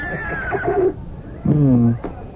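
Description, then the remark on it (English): A male charger horse lets out a high, wavering whinny that slides downward, then a second, lower neigh followed by a brief breathy snort, with no talking over it. “Oh, you listen to how he snorts with pride, Your Majesty.”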